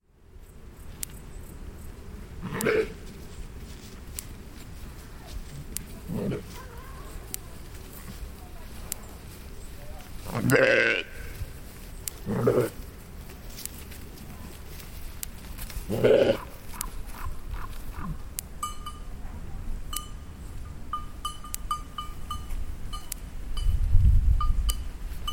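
Sheep bleat on a mountain meadow, five calls spread across the clip, the loudest near eleven and sixteen seconds. Faint, regular clicking from an electric fence runs underneath. Late on, a thin steady tone appears and a low thud rises near the end.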